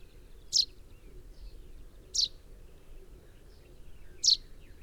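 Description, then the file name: Common chaffinch giving three short, piercing, downward-slurred call notes about two seconds apart over a soft, steady background hiss. "Fringilla coelebs 180719"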